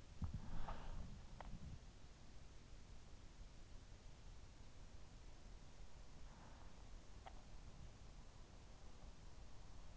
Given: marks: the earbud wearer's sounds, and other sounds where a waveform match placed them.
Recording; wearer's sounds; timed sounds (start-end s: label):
sounds in sleep by an in-ear microphone; breath
0.00-1.82 s: breath